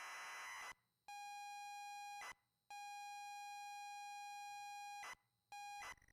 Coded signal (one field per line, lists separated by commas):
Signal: ZX Spectrum tape loading